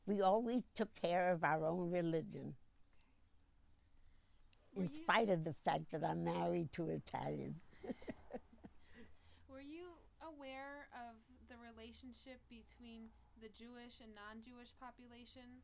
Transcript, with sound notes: We always took care of our own religion. In spite of the fact that I'm married to an Italian. ( she laughs )
Were you aware of the relationship between the Jewish and non-Jewish population?